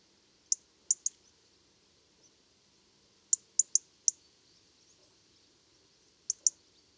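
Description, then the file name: European robin, repeated hard high ticks in groups of two to four, spaced a few seconds apart, with otherwise quiet background. "Erithacus rubecula"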